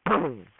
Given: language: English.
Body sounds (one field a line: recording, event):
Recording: throat vibration sensor signal played as sound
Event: throat clearing